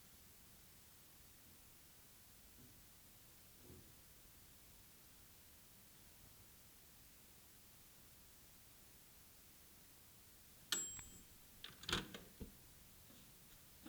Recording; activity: daily activity, guitar pickup as the sensor; use microwave